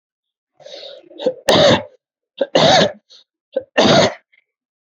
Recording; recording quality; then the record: shallow voluntary cough; excellent, no background noise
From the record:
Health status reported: healthy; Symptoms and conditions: cold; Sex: male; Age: 50 years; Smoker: not ticked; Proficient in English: yes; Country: India